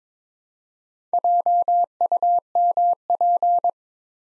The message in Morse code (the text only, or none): JUMP